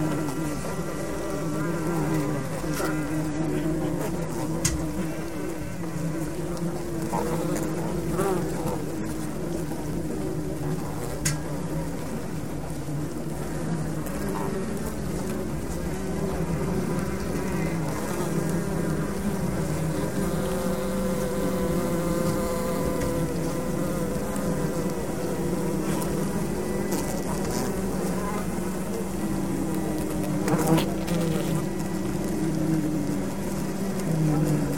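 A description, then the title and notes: Inside a beehive, a dense, steady low hum of many bees drones throughout, with wavering buzzing tones and occasional brief clicks and taps. Two lapel microphones inside a beehive. Recorded by Martin Clarke in Młynik, Poland, August 2008.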